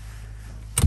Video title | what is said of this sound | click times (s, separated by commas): Used 2018 Honda Jazz EX Navi - Motor Match Bolton | the handle and let the seats slide down and click into place like so | 0.8 s